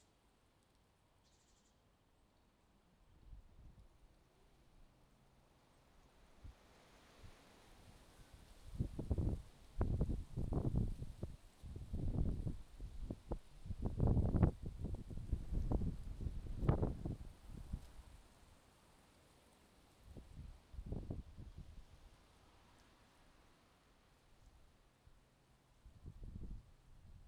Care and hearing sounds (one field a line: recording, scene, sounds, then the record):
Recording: everyday scene through a hearing-aid microphone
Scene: wind on the microphone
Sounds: wind, traffic, birds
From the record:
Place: suburban garden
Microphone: in the ear canal, left